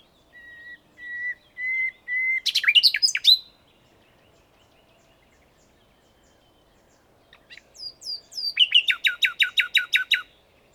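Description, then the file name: Common nightingale song: four slow, pure whistled notes rising in loudness, a burst of sharp notes, pause, then a long fast repeated rattle. "Luscinia megarhynchos"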